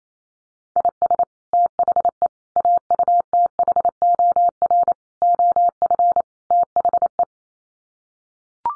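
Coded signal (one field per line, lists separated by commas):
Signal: Morse code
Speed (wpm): 28 wpm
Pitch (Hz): 700 Hz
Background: none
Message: IS THE AUTHOR OF THE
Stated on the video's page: Morse code head-copy drill at 28 wpm: sets of common five-word English n-grams, each sent, spoken, then sent again.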